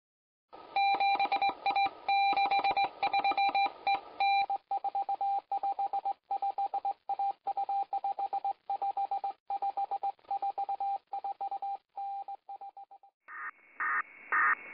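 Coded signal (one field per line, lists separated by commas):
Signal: HF data modem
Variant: DPRK ARQ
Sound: choppy bursts of shrill two-pitch tones, stuttering rhythmically, ending in a harsh buzzing block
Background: radio static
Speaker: North Korean diplomatic Communications utilize a proprietary arq modem unofficially known as dprk arq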